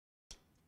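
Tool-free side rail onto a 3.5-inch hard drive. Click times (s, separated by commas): 0.3 s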